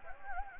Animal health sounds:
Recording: mosquito wingbeat signal from an infrared sensor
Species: Anopheles gambiae

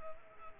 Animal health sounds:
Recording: mosquito wingbeat signal from an infrared sensor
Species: Culex quinquefasciatus

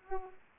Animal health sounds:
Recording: mosquito wingbeat signal from an infrared sensor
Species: Culex pipiens

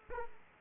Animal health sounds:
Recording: mosquito wingbeat signal from an infrared sensor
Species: Aedes aegypti

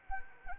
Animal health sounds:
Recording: mosquito wingbeat signal from an infrared sensor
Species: Anopheles arabiensis

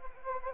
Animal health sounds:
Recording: mosquito wingbeat signal from an infrared sensor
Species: Anopheles gambiae

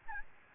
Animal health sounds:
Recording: mosquito wingbeat signal from an infrared sensor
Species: Aedes albopictus

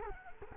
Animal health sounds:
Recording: mosquito wingbeat signal from an infrared sensor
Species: Culex quinquefasciatus

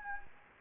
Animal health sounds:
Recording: mosquito wingbeat signal from an infrared sensor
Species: Anopheles gambiae

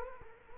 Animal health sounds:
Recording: mosquito wingbeat signal from an infrared sensor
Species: Culex quinquefasciatus

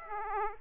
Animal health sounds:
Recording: mosquito wingbeat signal from an infrared sensor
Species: Aedes aegypti

